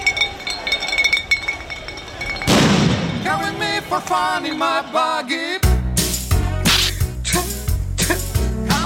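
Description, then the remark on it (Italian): Glass bottles are thrown at reporters and cameramen, clinking and smashing, then a sharp bang sets off loud shouting from a crowd, followed by a series of heavy, booming paper-bomb blasts in quick succession, at an anti-government demonstration at the Circo Massimo. “Da qui l'assalto ai cronisti e cameraman con lanci di bottiglie di vetro e bombe carta.”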